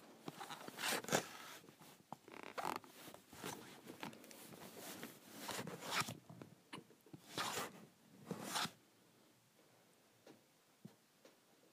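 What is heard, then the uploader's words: A hard plastic cover slides on and off a calculator, with scraping swipes and sharp clicks clustered in the first nine seconds, loudest near one and eight seconds. The sounds are bright, then thin out to a few faint ticks. Sliding my Calculator Cover.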